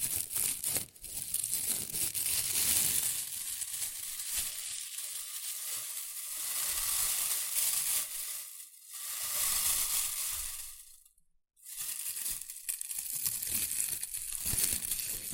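Shredded tissue and packing peanuts rustle and crinkle in a dense, bright, continuous crackle, dropping briefly near nine seconds and falling silent around eleven.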